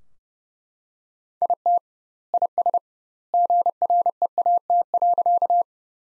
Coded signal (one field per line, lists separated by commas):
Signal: Morse code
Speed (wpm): 31 wpm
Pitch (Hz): 700 Hz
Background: none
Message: IT IS GREAT.